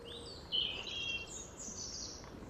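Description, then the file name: Common chaffinch call, a short, high, bright note followed by fainter high notes over background noise. "Fringilla coelebs"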